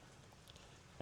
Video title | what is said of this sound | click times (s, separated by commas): P0010 Code Buick Regal 2L – Easy Fix with VVT Solenoid Replacement | So same thing, locked, clip, and those are nice and snug. | 0.5 s, 1.0 s